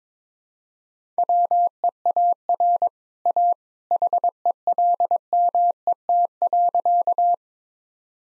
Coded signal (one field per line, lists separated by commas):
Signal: Morse code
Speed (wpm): 22 wpm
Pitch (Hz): 700 Hz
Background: none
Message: WEAR A HELMET.